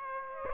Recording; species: mosquito wingbeat signal from an infrared sensor; Aedes aegypti